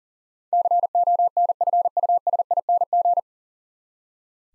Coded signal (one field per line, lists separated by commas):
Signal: Morse code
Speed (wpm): 40 wpm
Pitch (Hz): 700 Hz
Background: none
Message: CONFUSING